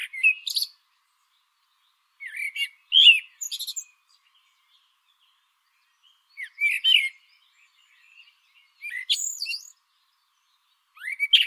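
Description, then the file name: Eurasian blackbird song: several brief phrases of fluty notes breaking into thin, high squeaky twitters, separated by pauses of uneven length. "Turdus merula"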